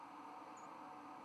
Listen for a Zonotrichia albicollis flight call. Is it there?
no